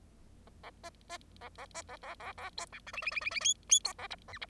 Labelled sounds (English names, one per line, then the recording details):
Bengalese Finch song
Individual Bird0